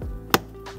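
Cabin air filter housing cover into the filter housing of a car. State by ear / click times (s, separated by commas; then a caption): seated / 0.3 s. A plastic cabin air filter housing cover on a BMW is pushed back onto its filter housing after a new cabin air filter is fitted. A single sharp, bright snap at 0.4 s stands out over a faint low hum. The clip snaps in and the cover is seated.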